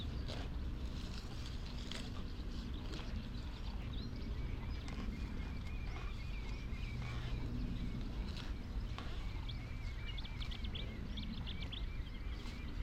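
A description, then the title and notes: An open marsh on a warm afternoon, with a steady low rumble of wind and noise filling the background. Birds sing throughout, with bright repeated chirping phrases around five to seven seconds and again near ten to twelve seconds, plus scattered short calls and clicks. Out in the wide open on Higham Marshes in Kent on a warm May afternoon. It's a perfect location for the Lento mics too. The sound scene of the Higham Marshes nature reserve from a little hawthorn tree in full scented blossom. Giant operating container ports rumble on the same horizon.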